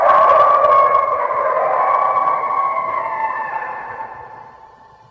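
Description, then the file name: Red wolf chorus howl, several overlapping steady tones starting loud and gradually dying away over five seconds. "Red Wolf Howling"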